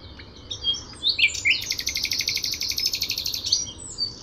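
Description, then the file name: Common nightingale producing a few rising notes, then a fast, dense, high rattling trill lasting about two seconds. "Luscinia megarhynchos"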